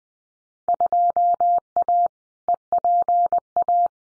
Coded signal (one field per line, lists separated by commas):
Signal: Morse code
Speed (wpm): 20 wpm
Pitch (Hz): 700 Hz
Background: none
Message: 2A EPA